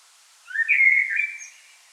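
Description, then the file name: Common blackbird producing a single sustained mellow warbled phrase, slightly rising then falling, lasting about a second over low hiss. "Turdus merula"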